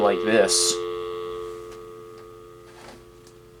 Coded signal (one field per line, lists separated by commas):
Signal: telephone call progress tone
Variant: North America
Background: speech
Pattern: dial tone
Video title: Vtech Dect 6.0 CS6124 Cordless Telephone Checkout